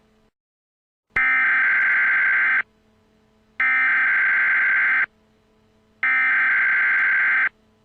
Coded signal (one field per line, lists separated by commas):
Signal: Emergency Alert System (SAME) tones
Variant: header bursts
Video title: EAS Scenario: Nightmare On The New ZomYork